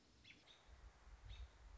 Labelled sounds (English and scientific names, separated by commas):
American Robin (Turdus migratorius)